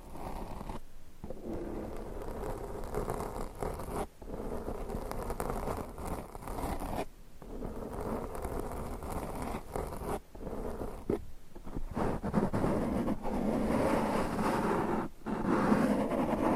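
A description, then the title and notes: Scratching and rubbing on a surface makes a dense, rough, rustling noise that carries through most of the clip. The noise cuts out briefly about every few seconds, near 1, 4, 7, 10 and 15 seconds, and grows louder and brighter toward the end. Scratching , Tapping , Massage & More No Talking.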